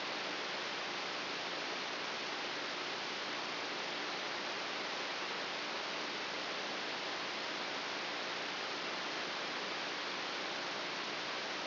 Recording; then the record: brain microelectrode recording played as sound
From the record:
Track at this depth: outside the subthalamic nucleus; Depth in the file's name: 6.401 mm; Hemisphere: right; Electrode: 3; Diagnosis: Parkinson's disease